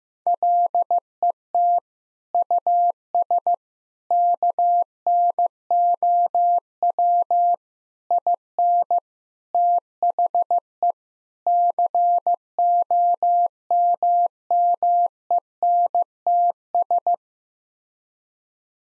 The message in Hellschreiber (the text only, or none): none